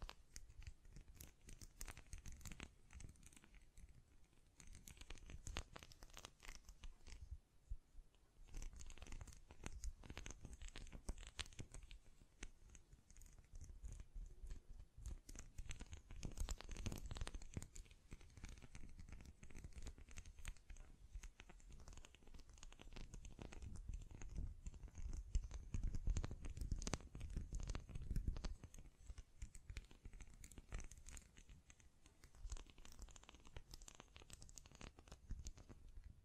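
Dense scratching, tapping and hand sounds fill the whole clip, a constant busy texture of crisp rustles and quick clicks. Soft low thumps from mic brushing swell around 16–17 seconds and again from about 25 to 29 seconds.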